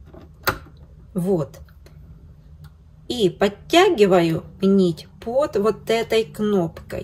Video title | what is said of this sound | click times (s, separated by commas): Коверлок Minerva M5000CL..Как перестроить Распошивалку в Оверлок | этот крючок до упора чтобы слышно было щелчок вот | 0.5 s